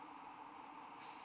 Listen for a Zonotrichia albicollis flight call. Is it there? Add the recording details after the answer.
no. No flight call is heard. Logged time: 05:56 on 13 December 2014